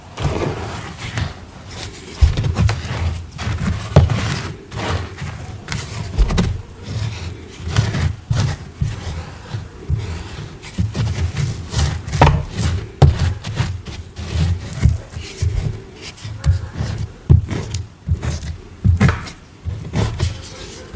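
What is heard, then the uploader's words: Thick cornstarch paste is worked and poured, giving constant soft squelches and low, dense rubbing sounds with frequent short squeaks throughout. Cornstarch Squeaks, Pouring Cornstarch Paste, Making Dyed Chalk Bombs.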